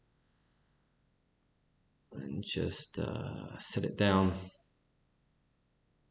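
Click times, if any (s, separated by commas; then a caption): none. The plastic ball cage of a Bones Super Swiss 6 skateboard ball bearing is set down over the steel balls and lined up before being pushed in. Someone talks from about 2.1 to 4.5 seconds, with quiet background before and after. The cage has not clicked or snapped into place yet.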